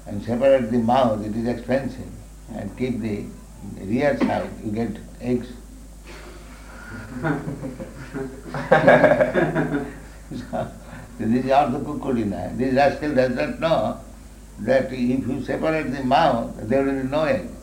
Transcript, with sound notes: and separate the mouth---it is expensive---and keep the rear side, you get eggs. [laughter] So this is ardha-kukuṭi-nyāya. The rascal does not know that if you separate the mouth there will be no egg.